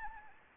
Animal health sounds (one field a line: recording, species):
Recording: mosquito wingbeat signal from an infrared sensor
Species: Anopheles arabiensis